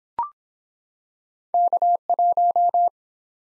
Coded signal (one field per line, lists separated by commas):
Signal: Morse code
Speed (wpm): 24 wpm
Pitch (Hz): 700 Hz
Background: none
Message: K1